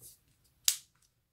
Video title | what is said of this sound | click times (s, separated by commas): Homtom HT 37 pro, déballage pour GEARBEST | C'est bien clipsé, c'est bien emboîté, impeccable. | 0.7 s